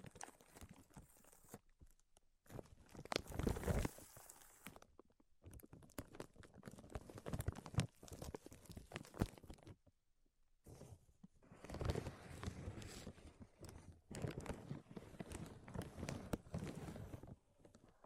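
Tapping, scratching and tracing sounds come in uneven bursts of quick, dense clicks and rasps, reaching from low thuds to bright scraping. Busy stretches alternate with short silent pauses, near 2, 5 and 10 seconds, and the activity builds again toward the end.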